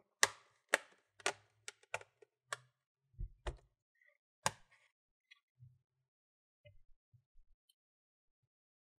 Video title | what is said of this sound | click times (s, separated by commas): ASUS X550z Laptop SSD HDD Upgrade Guide | now what you want to do you want to just pinch starting from the corner and you're going to hear clicks | 0.2 s, 0.7 s, 1.3 s, 1.9 s, 2.5 s, 4.5 s